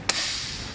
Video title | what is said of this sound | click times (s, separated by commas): etrailer - Hands-On with the Thule UpRide Roof Bike Rack for Fat Bikes | to our wheel hook up there. You'll hear it click. | 0.1 s